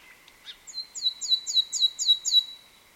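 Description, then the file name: Common nightingale song: a few soft introductory notes, then about seven loud, down-slurred whistled notes repeated rapidly and evenly. "Luscinia megarhynchos"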